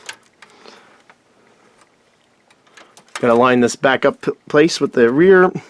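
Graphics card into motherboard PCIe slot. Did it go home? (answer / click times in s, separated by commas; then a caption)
no / none. A graphics card is moved into position over the motherboard's PCIe slot and lined up with the rear bracket. Soft handling knocks and taps are heard in the first three seconds, followed by someone talking. It has not been pressed down and nothing has seated or clicked yet.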